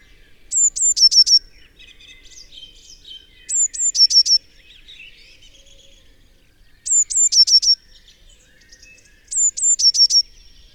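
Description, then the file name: Eurasian blue tit singing: two high, thin whistles followed by a short, lower, rapid trill, the phrase repeated four times over about ten seconds, with soft background twittering. "Cyanistes caeruleus"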